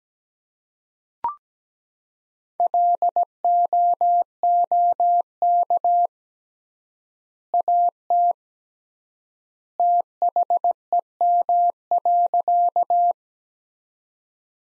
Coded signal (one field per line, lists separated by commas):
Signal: Morse code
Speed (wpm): 17 wpm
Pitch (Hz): 700 Hz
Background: none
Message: LOOK AT THEM.